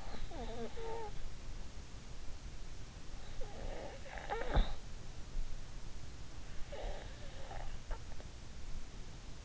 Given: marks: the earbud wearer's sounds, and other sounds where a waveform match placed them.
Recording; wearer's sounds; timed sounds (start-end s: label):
sounds in sleep by an in-ear microphone; snoring breath
0.00-1.31 s: snoring breath
3.45-4.91 s: snoring breath
6.69-8.08 s: snoring breath